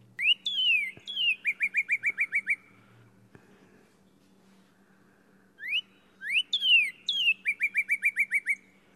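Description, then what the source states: Northern Cardinal song: two clear whistled phrases, each opening with sharp slurred notes and then a quick run of repeated slurred whistles, with a steady low hum underneath. Common in rural and urban areas; year-round resident, not migratory; clear whistled song with much variation.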